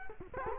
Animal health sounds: mosquito wingbeat signal from an infrared sensor; Culex quinquefasciatus

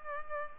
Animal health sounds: mosquito wingbeat signal from an infrared sensor; Culex pipiens

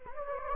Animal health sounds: mosquito wingbeat signal from an infrared sensor; Anopheles gambiae

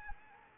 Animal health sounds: mosquito wingbeat signal from an infrared sensor; Anopheles arabiensis

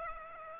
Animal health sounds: mosquito wingbeat signal from an infrared sensor; Aedes aegypti

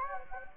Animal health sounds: mosquito wingbeat signal from an infrared sensor; Anopheles gambiae

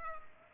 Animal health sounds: mosquito wingbeat signal from an infrared sensor; Culex pipiens

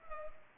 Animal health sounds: mosquito wingbeat signal from an infrared sensor; Culex pipiens

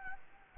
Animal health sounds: mosquito wingbeat signal from an infrared sensor; Anopheles gambiae

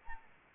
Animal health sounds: mosquito wingbeat signal from an infrared sensor; Anopheles arabiensis

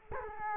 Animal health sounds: mosquito wingbeat signal from an infrared sensor; Culex quinquefasciatus

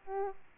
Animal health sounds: mosquito wingbeat signal from an infrared sensor; Aedes aegypti

